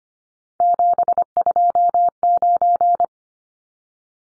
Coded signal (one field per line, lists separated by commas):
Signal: Morse code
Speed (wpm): 25 wpm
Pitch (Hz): 700 Hz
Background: none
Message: 729